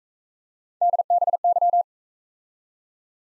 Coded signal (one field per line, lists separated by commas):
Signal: Morse code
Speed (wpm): 40 wpm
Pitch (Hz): 700 Hz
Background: none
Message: DBY